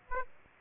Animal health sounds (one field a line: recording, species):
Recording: mosquito wingbeat signal from an infrared sensor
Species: Aedes aegypti